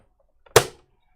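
With the back clips already hooked in, the front plastic retaining clip of a cover panel on a device gets a gentle nudge. After a faint tick at 0.5 s, a sharp, bright snap at 0.6 s rings briefly and decays. The clip snaps into place and is seated.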